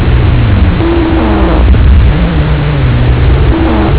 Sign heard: Airway Sounds Rhonchi.